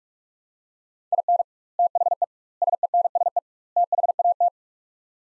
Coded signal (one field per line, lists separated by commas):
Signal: Morse code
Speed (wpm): 42 wpm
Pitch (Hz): 700 Hz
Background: none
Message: IN THE SENSE THAT